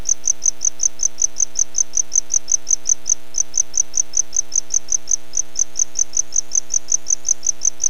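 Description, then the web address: Tropical house cricket song: high, even chirps repeated rapidly and steadily throughout, over a constant low hum. "CRICKETS gsigilla"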